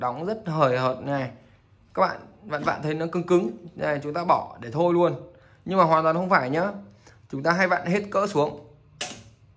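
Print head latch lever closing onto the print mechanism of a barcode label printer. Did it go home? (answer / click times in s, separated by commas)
yes / 9.0 s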